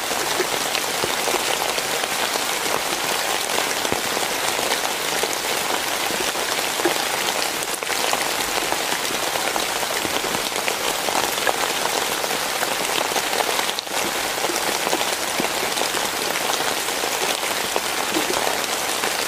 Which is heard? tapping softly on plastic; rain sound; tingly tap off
rain sound